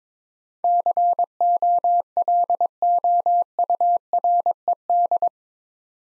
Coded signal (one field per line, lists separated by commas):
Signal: Morse code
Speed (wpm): 22 wpm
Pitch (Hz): 700 Hz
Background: none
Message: COLOURED